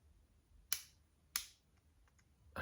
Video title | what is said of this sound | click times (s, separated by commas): Man on Mounjaro: Ordering, injecting, & week 1 side-effects | until you hear two clicks. So that's the dose knob at the end. Two. | 0.7 s, 1.4 s